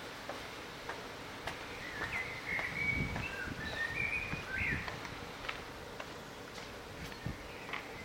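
Bird song, a series of short twittering notes in the middle, with scattered clicks and low thumps throughout.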